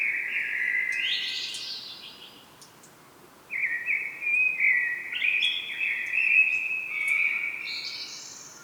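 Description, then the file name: Common blackbird song: a short rising warble, a pause, then a long fluting phrase topped with high thin twittering. "Turdus merula"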